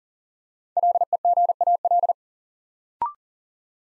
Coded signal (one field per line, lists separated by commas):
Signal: Morse code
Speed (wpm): 39 wpm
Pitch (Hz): 700 Hz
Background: none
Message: LEGAL